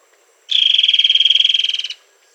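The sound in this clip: Bird giving a single buzzy, evenly pulsed trill of many rapid beats on a steady high pitch, lasting about a second and a half, in otherwise quiet surroundings.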